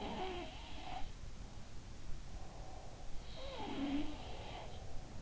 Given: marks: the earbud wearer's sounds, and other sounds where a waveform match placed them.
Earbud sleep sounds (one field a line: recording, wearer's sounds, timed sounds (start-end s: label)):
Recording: sounds in sleep by an in-ear microphone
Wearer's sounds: breath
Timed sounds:
0.00-2.18 s: sound from someone else or the room
2.18-3.25 s: breath
3.22-5.22 s: sound from someone else or the room